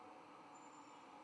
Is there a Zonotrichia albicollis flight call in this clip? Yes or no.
no